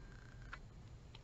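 A metal jewelry jump ring is squeezed closed with pliers, and its ends meet with a small, sharp click at 0.5 s over a quiet, steady background with a faint high tone. A second brief tick follows near 1.2 s. The ring clicks but is not fully closed, because even with the click the ends are not quite together.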